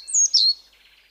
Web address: Schulze Peter Semicollared Flycatcher song